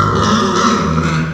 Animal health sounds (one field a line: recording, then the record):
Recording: squeal of a Yucatan mini pig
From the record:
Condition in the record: after surgery on the right vocal fold (resection and tissue-engineered implant)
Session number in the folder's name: 15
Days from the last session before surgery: 175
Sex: female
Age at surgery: 19 weeks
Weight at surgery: 25 kg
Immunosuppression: prednisolone